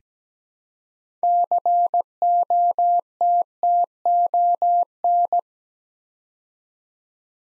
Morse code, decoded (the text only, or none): COTTON